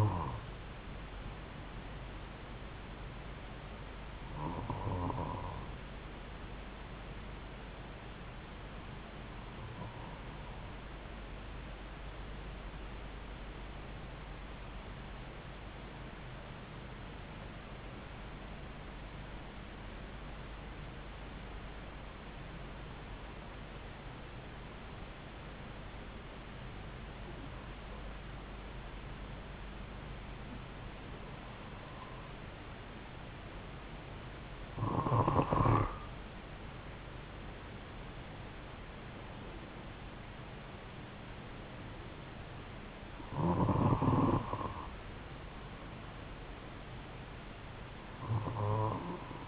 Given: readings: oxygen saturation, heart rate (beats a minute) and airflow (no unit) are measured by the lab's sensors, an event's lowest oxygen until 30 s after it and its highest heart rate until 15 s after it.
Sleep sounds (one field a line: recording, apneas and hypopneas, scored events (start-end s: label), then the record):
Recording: breathing in sleep by a voice recorder at the bedside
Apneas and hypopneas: 1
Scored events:
7.00-36.50 s: hypopnea (N1, oxygen 96% highest, then 92% lowest)
15.00-49.48 s: new sleep stage, N2 (light sleep)
From the record:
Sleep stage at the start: N1 (lightest sleep)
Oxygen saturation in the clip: 92 to 96%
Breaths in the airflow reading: 11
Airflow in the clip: -3.8 to 6.4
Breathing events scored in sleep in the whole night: 270 in 6.1 hours asleep